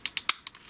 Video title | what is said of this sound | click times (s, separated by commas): Transformers review Zeta Blitzkieg aka Onslaught | and then it clicks into place, and then you fold the toe out from there. | 0.3 s